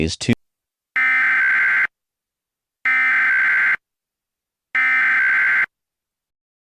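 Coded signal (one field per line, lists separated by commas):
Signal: Emergency Alert System (SAME) tones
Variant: header bursts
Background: speech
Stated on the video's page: Fictional EAS scenario demo with siren audio.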